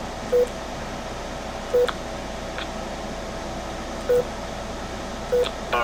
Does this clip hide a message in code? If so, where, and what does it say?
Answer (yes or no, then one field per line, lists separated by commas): no